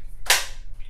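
A plastic caster wheel is pushed into the rear leg of a Graco Blossom 4-in-1 high chair and snaps in with a single sharp click at 0.3 s. The wheel is seated in the leg.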